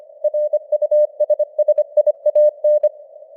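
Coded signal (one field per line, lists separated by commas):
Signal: Morse code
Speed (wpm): 25 wpm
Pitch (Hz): 600 Hz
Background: none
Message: RUSSIAN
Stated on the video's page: Simulated 25 wpm Morse news headlines with added radio noise and varying signal strength (QSB).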